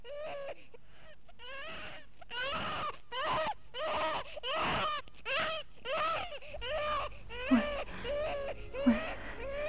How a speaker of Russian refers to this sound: Тішы. Не плачь, мой маленький. Ну, не плачь, мой сыночек. Ну, ну, усмехнися,